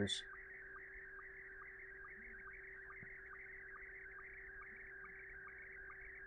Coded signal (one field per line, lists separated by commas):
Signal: SSTV (slow-scan television)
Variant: Scottie 1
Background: speech